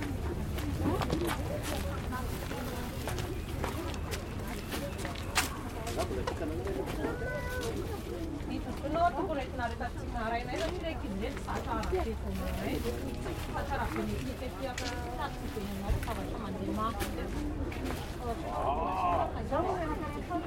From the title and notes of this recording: Calm day at the market in Antananarivo. It's a slow start to the day at Andravoahangy market in Madagascar's capital. Sellers are unwrapping their wares and laying them out in little displays in their stalls. Recorded with Sony PCM D100.